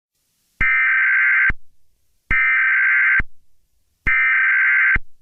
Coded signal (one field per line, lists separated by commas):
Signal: Emergency Alert System (SAME) tones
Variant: header bursts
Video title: Blood Rain - Halloween EAS Mock Scenario